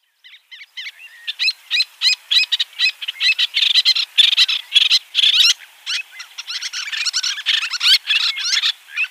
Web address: Schulze Peter Little Tern